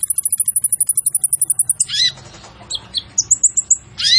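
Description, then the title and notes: Sunbird song opening with a fast, even, very high ticking trill, then shrill squeaky notes and sharp sweeping chirps. Training song for cage birds, sung vigorously with varied fills and sharp 'shot' phrases; suited as a lure. "Suara Burung Kolibri Ninja Gacor"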